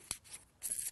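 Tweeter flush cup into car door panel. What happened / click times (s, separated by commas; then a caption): The plastic mounting cup snapped into the panel / 0.1 s. A plastic flush-mount cup for the tweeter of a JBL GTO628 6.5-inch two-way loudspeaker is pressed into a hole cut in a car door panel. It gives a sharp, loud snap at 0.1 s, followed by faint rubbing and then a brighter scratchy hiss from about 0.6 s with a small tick near 0.8 s. The cup snaps into place and is seated in the door panel.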